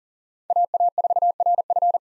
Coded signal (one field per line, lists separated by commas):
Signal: Morse code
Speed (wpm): 40 wpm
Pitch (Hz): 700 Hz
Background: none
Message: AA4RF